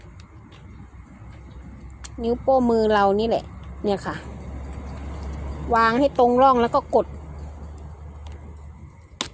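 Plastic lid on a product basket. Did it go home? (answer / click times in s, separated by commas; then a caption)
yes / 9.2 s. A plastic lid part is lined up with the groove on a product basket and pressed down with a thumb while someone talks over a steady low hum. A single sharp snap at 9.2 s marks the lid seating and locking into place.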